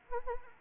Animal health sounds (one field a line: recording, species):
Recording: mosquito wingbeat signal from an infrared sensor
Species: Anopheles arabiensis